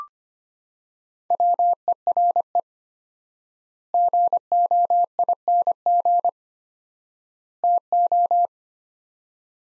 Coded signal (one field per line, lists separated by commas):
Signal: Morse code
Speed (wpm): 25 wpm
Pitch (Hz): 700 Hz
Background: none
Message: WERE GOING TO